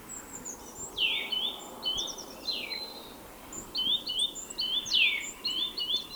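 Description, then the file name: Eurasian nuthatch calls: loud whistled notes sweeping steeply downward, mixed with short flat chirps and high thin twitters, over a steady hiss of background noise. "Sitta europaea"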